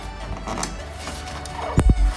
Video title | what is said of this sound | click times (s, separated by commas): Installing Factory AUX Switches on the Hummer EV | Hear that latch? | 1.8 s